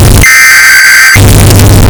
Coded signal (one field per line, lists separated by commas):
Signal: Emergency Alert System (SAME) tones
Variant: header bursts